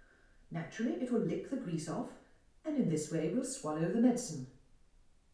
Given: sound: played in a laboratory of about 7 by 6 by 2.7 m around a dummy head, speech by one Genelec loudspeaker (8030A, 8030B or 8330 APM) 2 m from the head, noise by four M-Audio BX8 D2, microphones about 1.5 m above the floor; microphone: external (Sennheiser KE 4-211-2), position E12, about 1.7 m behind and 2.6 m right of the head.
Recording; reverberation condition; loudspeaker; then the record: female speech in English; medium; 90 degrees to the left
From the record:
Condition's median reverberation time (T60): about 510 ms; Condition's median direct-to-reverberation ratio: about -0.5 dB